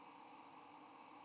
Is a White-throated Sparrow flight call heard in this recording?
yes